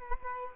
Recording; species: mosquito wingbeat signal from an infrared sensor; Culex quinquefasciatus